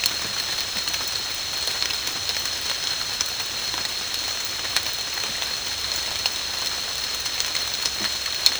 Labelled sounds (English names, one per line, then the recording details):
none
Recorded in dense forest near Puerto Asís, Putumayo, Colombia, on 21 March 2025 at 13:00
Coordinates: 0.485, -76.318
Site G056